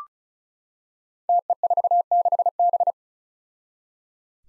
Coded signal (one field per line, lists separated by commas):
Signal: Morse code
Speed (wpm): 36 wpm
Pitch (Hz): 700 Hz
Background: none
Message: TE46B